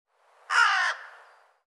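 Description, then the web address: Bird giving one rasping caw under half a second long, followed by a quiet fading tail. "cianscape birddata Deverinetal 2025"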